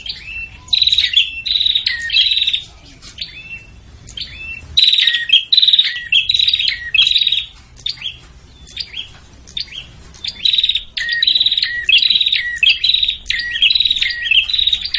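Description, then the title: Prinia calls: bursts of buzzy, rattling trills alternating with short downslurred chips, repeated in quick busy sequences with brief pauses between bouts. Busy, noisy prinia calling used as a lure to attract prinias, including the red-headed prinia and visiting (tamu) prinias. "Suara Prenjak Ribut Buat Pikat Burung Prenjak Kepala Merah Prenjak Tamu"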